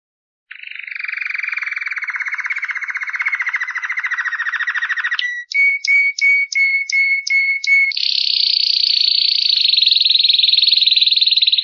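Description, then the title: Canary singing a long low rolling trill, then a series of several short whistled notes, followed by a sustained high rapid trill. "Kicau Burung Kenari"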